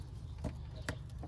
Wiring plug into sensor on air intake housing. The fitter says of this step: get a nice little click and then our little ceiling yellow tab just goes in there